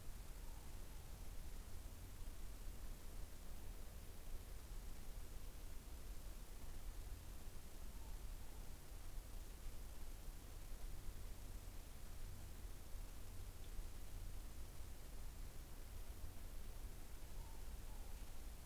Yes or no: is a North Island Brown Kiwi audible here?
no